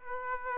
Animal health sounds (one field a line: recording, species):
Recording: mosquito wingbeat signal from an infrared sensor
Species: Aedes aegypti